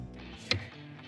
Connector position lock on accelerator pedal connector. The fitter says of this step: push down the lock and there you have it